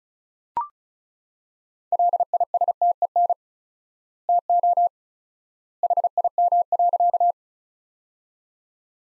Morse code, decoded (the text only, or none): LISTEN TO HIM.